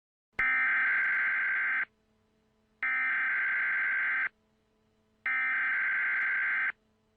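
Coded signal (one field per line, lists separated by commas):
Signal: Emergency Alert System (SAME) tones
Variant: header bursts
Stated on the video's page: Simulated EAS scenario, not a real alert.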